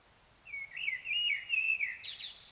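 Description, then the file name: Common blackbird song: a mellow warbling phrase of wavering whistles closing with a high, scratchy twitter. "Turdus merula"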